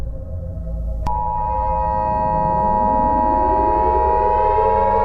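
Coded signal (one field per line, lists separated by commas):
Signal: Emergency Alert System (SAME) tones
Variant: 853 and 960 Hz attention tone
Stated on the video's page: Fictional EAS scenario teaser, a simulated alert.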